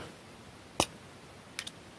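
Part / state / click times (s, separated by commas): fountain pen cap onto pen body / seated / 0.8 s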